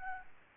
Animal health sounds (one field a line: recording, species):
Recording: mosquito wingbeat signal from an infrared sensor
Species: Aedes albopictus